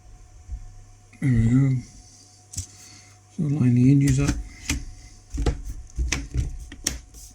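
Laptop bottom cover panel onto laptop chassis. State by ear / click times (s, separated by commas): seated / 6.1 s, 6.9 s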